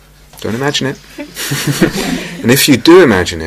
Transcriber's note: laughter